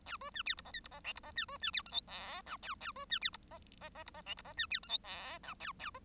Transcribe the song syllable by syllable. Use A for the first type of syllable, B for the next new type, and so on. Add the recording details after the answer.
A B C D E F G E F H E F C B C D I J K L A A B C D E F F F E F H E F C D I J K L A A. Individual Bird1